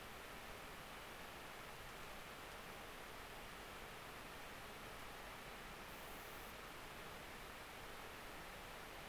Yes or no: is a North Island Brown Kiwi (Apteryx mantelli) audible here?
no